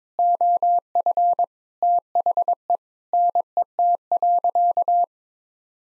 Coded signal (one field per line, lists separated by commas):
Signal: Morse code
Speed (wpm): 22 wpm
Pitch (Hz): 700 Hz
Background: none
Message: OF THE NET.